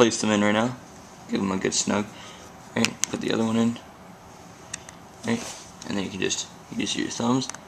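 Someone talks while fitting steel skateboard bearings into a plastic wheel hub, preparing to push one home with the thumbs, with a couple of brief handling taps around 4.7 and 4.9 seconds. Nothing has seated or clicked yet; the bearing is handled but not yet pressed home.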